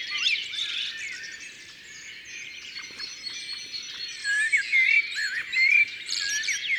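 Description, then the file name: Song thrush song: bright whistled phrases come through strongly near the end, set against a thick background of overlapping birdsong. Recorded in Ardèche, France. "Grive-Musicienne-Concerts-Naturels-De-l Ardeche"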